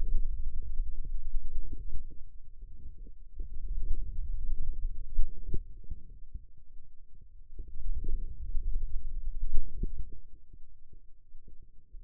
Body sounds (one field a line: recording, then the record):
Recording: forearm muscle sounds (acoustic myography)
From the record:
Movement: hand closing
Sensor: system 2, bracelet of six BSWA MPA416 microphones around the upper forearm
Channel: 2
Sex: male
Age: 22 years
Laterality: right